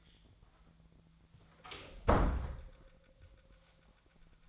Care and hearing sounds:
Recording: daily activity, microphone in the room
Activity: close door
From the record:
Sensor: 3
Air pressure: 1009.2 hPa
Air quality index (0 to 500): 202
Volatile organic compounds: 4 ppm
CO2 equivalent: 1620 ppm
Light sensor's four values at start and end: 44/115/50/50 and 43/115/49/50

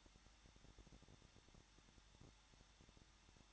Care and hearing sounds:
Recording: daily activity, microphone in the room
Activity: no activity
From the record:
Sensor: 3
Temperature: 21.2 degrees Celsius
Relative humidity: 36.4%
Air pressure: 1006.4 hPa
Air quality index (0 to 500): 223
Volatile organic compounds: 43 ppm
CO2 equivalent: 3190 ppm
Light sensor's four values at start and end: 2/3/2/2 and 2/3/2/2

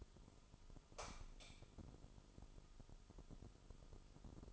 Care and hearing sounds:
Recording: daily activity, microphone in the room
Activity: light on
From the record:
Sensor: 5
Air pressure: 988.6 hPa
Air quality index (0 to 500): 215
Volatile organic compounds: 112 ppm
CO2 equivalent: 3829 ppm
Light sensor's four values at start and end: 43/130/51/54 and 45/135/53/56

